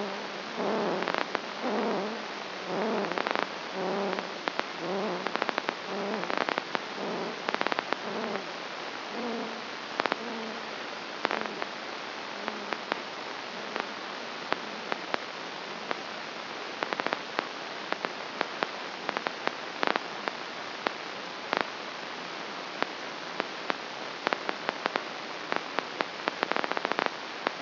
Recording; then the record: brain microelectrode recording played as sound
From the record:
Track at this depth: inside the subthalamic nucleus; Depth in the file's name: 1.738 mm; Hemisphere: left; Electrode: 2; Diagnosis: Parkinson's disease